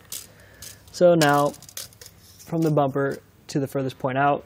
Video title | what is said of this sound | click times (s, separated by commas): etrailer - Setting up the Kuat Sherpa 2.0 Bike Rack for 2 Bikes on a 2022 Toyota Tacoma | click and place again and now we'll get that new measurement to see how much space we saved | 0.1 s